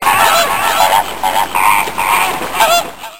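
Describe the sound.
Flamingo honking, a steady stream of nasal, goose-like honks overlapping from several birds for about three seconds.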